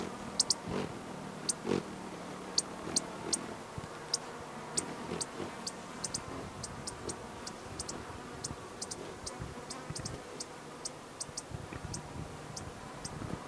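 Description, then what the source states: Costa's Hummingbird calls: sharp, very high ticks, singly and in quick clusters, scattered irregularly over a steady low rumbling background. Female; 28 March 2009.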